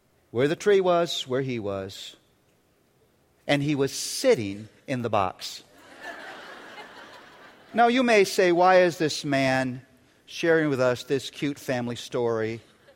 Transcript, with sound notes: where the tree was—where he was—and he was sitting in the box. (laughter) Now you may say, "Why is this man sharing with us this cute family story